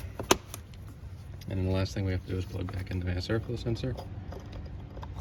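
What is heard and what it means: The third front spring clip on the plastic engine air filter box lid of a 2010–2014 Ford Raptor 6.2L snaps shut with a sharp click at 0.3 s, holding the lid down and seating the clip. A few smaller taps follow just after, then someone talks for the rest of the clip.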